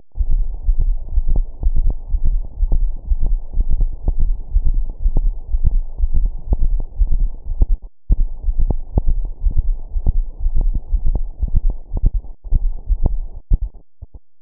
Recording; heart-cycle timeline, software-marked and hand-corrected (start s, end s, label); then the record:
heart sounds
0.00	0.18	diastole
0.18	0.28	S1
0.28	0.36	systole
0.36	0.48	S2
0.48	0.66	diastole
0.66	0.76	S1
0.76	0.82	systole
0.82	0.96	S2
0.96	1.14	diastole
1.14	1.24	S1
1.24	1.32	systole
1.32	1.46	S2
1.46	1.64	diastole
1.64	1.76	S1
1.76	1.84	systole
1.84	1.94	S2
1.94	2.10	diastole
2.10	2.20	S1
2.20	2.28	systole
2.28	2.42	S2
2.42	2.60	diastole
2.60	2.70	S1
2.70	2.76	systole
2.76	2.90	S2
2.90	3.08	diastole
3.08	3.18	S1
3.18	3.26	systole
3.26	3.40	S2
3.40	3.58	diastole
3.58	3.70	S1
3.70	3.80	systole
3.80	3.90	S2
3.90	4.06	diastole
4.06	4.16	S1
4.16	4.24	systole
4.24	4.36	S2
4.36	4.54	diastole
4.54	4.64	S1
4.64	4.70	systole
4.70	4.84	S2
4.84	5.04	diastole
5.04	5.14	S1
5.14	5.22	systole
5.22	5.34	S2
5.34	5.52	diastole
5.52	5.64	S1
5.64	5.74	systole
5.74	5.84	S2
5.84	6.00	diastole
6.00	6.10	S1
6.10	6.16	systole
6.16	6.30	S2
6.30	6.50	diastole
6.50	6.60	S1
6.60	6.70	systole
6.70	6.82	S2
6.82	7.00	diastole
7.00	7.10	S1
7.10	7.18	systole
7.18	7.30	S2
7.30	7.50	diastole
7.50	7.60	S1
7.60	7.70	systole
7.70	7.80	S2
7.80	8.00	diastole
8.00	8.08	S1
8.08	8.20	systole
8.20	8.28	S2
8.28	8.46	diastole
8.46	8.56	S1
8.56	8.62	systole
8.62	8.76	S2
8.76	8.96	diastole
8.96	9.08	S1
9.08	9.18	systole
9.18	9.28	S2
9.28	9.46	diastole
9.46	9.58	S1
9.58	9.68	systole
9.68	9.78	S2
9.78	9.96	diastole
9.96	10.06	S1
10.06	10.16	systole
10.16	10.26	S2
10.26	10.44	diastole
10.44	10.54	S1
10.54	10.60	systole
10.60	10.74	S2
10.74	10.92	diastole
10.92	11.02	S1
11.02	11.12	systole
11.12	11.24	S2
11.24	11.42	diastole
11.42	11.54	S1
11.54	11.66	systole
11.66	11.78	S2
11.78	12.00	diastole
12.00	12.14	S1
12.14	12.24	systole
12.24	12.32	S2
12.32	12.52	diastole
12.52	12.64	S1
12.64	12.74	systole
12.74	12.82	S2
12.82	13.02	diastole
13.02	13.16	S1
13.16	13.26	systole
13.26	13.34	S2
13.34	13.52	diastole
13.52	13.62	S1
13.62	13.72	systole
13.72	13.80	S2
13.80	14.00	diastole
14.00	14.08	S1
14.08	14.20	systole
14.20	14.28	S2
14.28	14.42	diastole
From the record:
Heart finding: coronary artery disease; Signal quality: good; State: rest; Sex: male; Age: 47 years